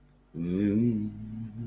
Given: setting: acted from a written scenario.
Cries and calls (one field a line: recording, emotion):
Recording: vocal sound without words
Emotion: serenity